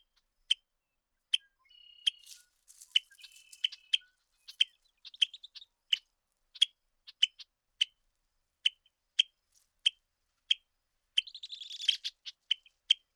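Bird calls: a steady series of sharp dry ticks at irregular short intervals, with brief scratchy twittering bursts mixed in near the start and end.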